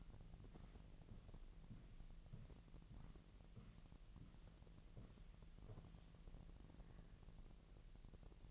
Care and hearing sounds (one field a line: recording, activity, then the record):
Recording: daily activity, microphone in the room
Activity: walk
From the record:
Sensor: 4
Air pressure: 1003.0 hPa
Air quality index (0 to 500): 246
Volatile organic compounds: 26 ppm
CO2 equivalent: 2867 ppm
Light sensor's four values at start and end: 8/17/7/7 and 8/17/7/7